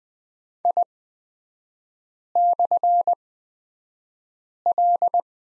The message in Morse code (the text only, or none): I/L